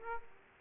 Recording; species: mosquito wingbeat signal from an infrared sensor; Aedes aegypti